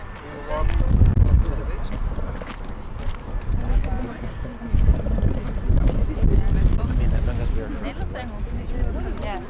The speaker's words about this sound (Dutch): Nou, het is een beetje veel wind.